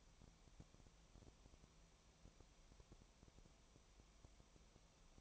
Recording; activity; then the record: daily activity, microphone in the room; no activity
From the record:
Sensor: 1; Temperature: 19.4 degrees Celsius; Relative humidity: 35.7%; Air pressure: 1003.3 hPa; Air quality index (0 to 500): 113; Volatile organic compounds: 2 ppm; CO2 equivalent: 1257 ppm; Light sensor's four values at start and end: 1/2/1/1 and 1/2/1/1